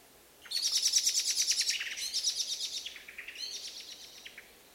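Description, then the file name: Common blackbird call: a rapid run of sharp, high notes that drops in pitch, then a second, weaker run. "Turdus merula"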